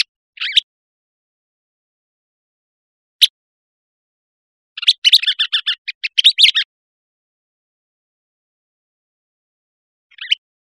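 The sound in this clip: Western kingbird calling: a short note, a single sharp kip, then a rapid sputtering chatter of high notes lasting nearly two seconds, and one last brief call after a long pause.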